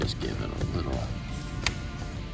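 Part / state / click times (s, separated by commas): wiring harness connector on the suspension damper controller / released / 1.7 s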